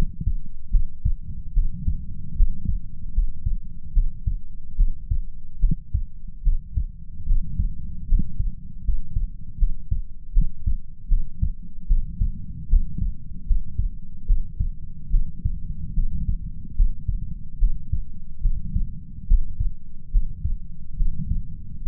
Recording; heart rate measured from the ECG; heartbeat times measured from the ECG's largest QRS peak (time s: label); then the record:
heart sounds by stethoscope; 74 bpm
0.70 s: heartbeat
1.52 s: heartbeat
2.34 s: heartbeat
3.12 s: heartbeat
3.92 s: heartbeat
4.75 s: heartbeat
5.59 s: heartbeat
6.42 s: heartbeat
7.25 s: heartbeat
8.06 s: heartbeat
8.82 s: heartbeat
9.57 s: heartbeat
10.31 s: heartbeat
11.07 s: heartbeat
11.86 s: heartbeat
12.68 s: heartbeat
13.45 s: heartbeat
14.25 s: heartbeat
15.09 s: heartbeat
15.93 s: heartbeat
16.74 s: heartbeat
17.57 s: heartbeat
18.40 s: heartbeat
19.26 s: heartbeat
20.10 s: heartbeat
20.95 s: heartbeat
21.81 s: heartbeat
From the record:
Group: healthy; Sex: female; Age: 26 years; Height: 165 cm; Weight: 55 kg